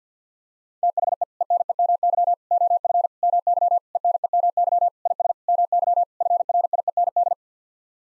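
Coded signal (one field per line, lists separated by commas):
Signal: Morse code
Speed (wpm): 50 wpm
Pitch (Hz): 700 Hz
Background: none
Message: THE ENEMY OF MY ENEMY IS MY FRIEND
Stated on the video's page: Morse head-copy drill of common eight-word English sequences sent at 50 wpm, each set sent, spoken, then sent again.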